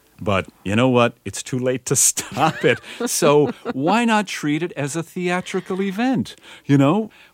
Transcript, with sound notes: But you know what? It's too late to stop it.
(LAUGHTER)
So why not treat it as a theatrical event, you know?